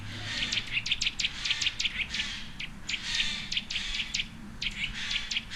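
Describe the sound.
Birds chirping, quick sharp high notes in clustered runs, with faint low hum behind.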